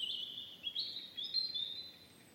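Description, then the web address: European robin song: high, thin sliding notes strung into a wavering, sweet phrase that drifts up and down. "Deverinetal 2025 File origin Bird Only Er Ru"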